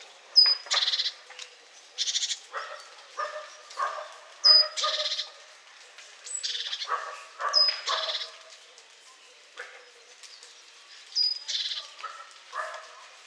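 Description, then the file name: Great tit churring calls: thin high whistled notes each followed by buzzy, rasping chatter bursts, repeated irregularly, with lower scratchy notes between. "Parus major"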